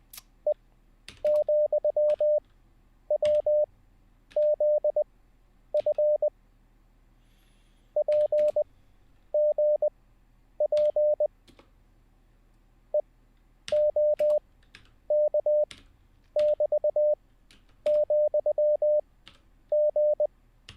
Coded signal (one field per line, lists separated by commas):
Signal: Morse code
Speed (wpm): 20 wpm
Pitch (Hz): 600 Hz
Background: none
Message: E,WZF PGP EOK<BT>,G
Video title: How To Learn Morse Code LIVE with N0SSC (Day 10)